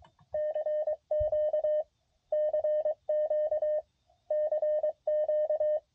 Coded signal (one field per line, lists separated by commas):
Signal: Morse code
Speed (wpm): 23 wpm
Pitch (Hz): 610 Hz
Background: none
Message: CQ CQ CQ